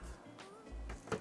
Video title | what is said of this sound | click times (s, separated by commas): Philips Envia 27M2C5500W İncelemesi - 2K 240Hz 0.5Ms | Tek hamle de gördüğünüz gibi artık kilitlendi. | 0.9 s, 1.1 s